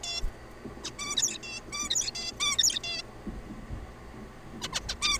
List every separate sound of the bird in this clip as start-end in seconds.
0.03-0.21, 0.84-0.91, 0.99-1.38, 1.43-1.59, 1.72-1.89, 1.90-2.11, 2.15-2.32, 2.40-2.57, 2.58-2.79, 2.84-3.02, 4.62-4.68, 4.72-4.80, 4.88-4.95, 5.02-5.18